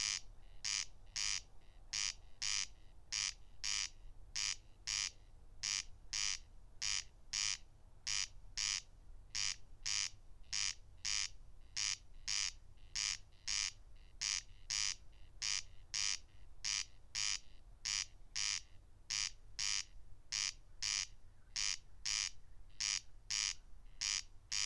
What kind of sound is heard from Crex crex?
song